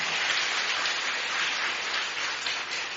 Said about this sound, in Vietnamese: Cùng tán dương nhau bằng một tràng pháo tay thật to, thật lớn.